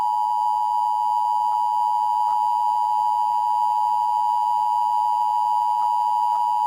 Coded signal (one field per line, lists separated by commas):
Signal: Emergency Alert System (SAME) tones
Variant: 853 and 960 Hz attention tone